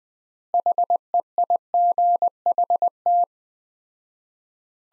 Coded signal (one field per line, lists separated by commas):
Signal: Morse code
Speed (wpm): 21 wpm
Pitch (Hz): 700 Hz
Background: none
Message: HEIGHT